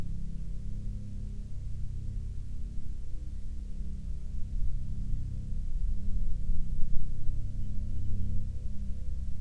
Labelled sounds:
aircraft
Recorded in the Prudhoe Bay oil fields, Alaska, on 15 June 2019 at 08:20
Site 13

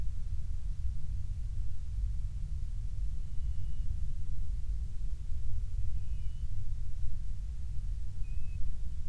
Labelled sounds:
songbird
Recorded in the Prudhoe Bay oil fields, Alaska, on 12 July 2019 at 03:28
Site 16

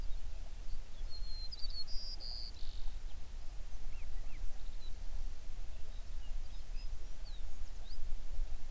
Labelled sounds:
songbird
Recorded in the Prudhoe Bay oil fields, Alaska, on 11 June 2019 at 04:58
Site 21

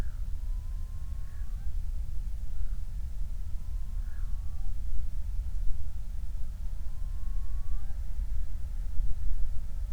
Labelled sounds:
loon
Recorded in the Prudhoe Bay oil fields, Alaska, on 28 July 2019 at 05:42
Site 25

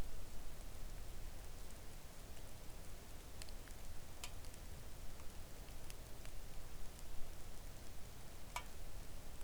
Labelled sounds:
rain
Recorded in the Arctic National Wildlife Refuge, Alaska, on 3 August 2019 at 05:43
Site 41

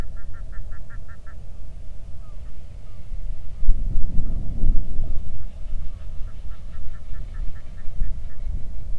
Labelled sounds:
waterfowl, wind
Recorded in the Arctic National Wildlife Refuge, Alaska, on 3 August 2019 at 10:11
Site 46

